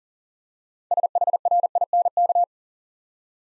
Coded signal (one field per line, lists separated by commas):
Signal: Morse code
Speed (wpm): 42 wpm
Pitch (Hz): 700 Hz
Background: none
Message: SHRINK